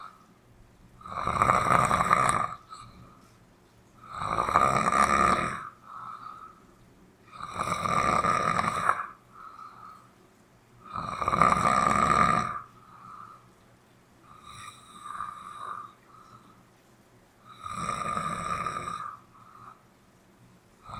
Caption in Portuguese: 10 minutos de roncos e chuva poema material do poeta sonhante.